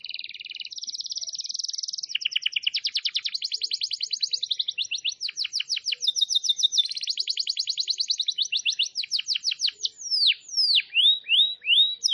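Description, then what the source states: Canary song opens with a buzzy sustained trill and moves through rapid repeated-note tours. It closes with loud, sharply descending whistled notes. Lure recording (pikat).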